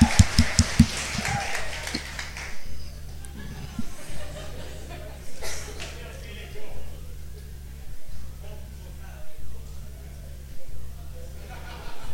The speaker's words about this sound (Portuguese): Bom, vamos aplaudir. Bravo.